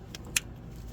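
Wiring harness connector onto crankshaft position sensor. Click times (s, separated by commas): 0.4 s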